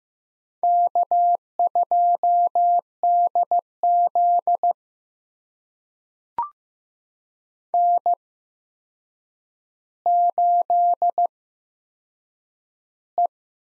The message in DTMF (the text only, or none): none